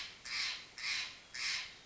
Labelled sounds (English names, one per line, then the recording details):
Steller's Jay
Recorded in Sonoma County, California